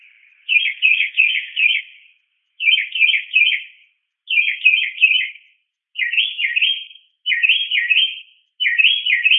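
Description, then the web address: Mockingbird giving several bursts of quick, wavering chirps separated by brief pauses, the later bursts differing in pattern. Multiple calls. "SFXSource. Mocking Bird Multi 6"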